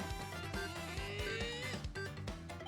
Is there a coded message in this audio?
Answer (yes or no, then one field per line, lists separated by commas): no